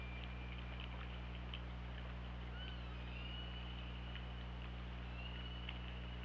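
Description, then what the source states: Orca whistles underwater: several drawn-out tonal whistles, some rising and some level, over steady low hum and scattered crackling clicks. Orca recorded on an OrcaLab underwater hydrophone, 24 August 2017, around 20:54.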